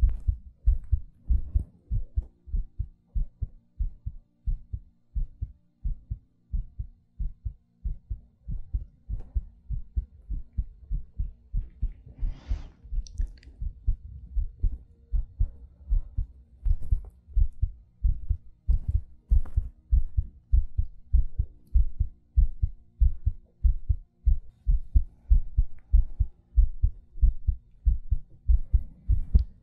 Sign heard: ASMR Heartbeat Breathing.